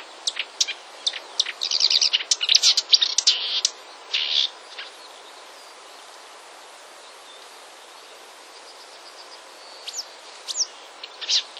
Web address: wroblowe kolekcja lozowka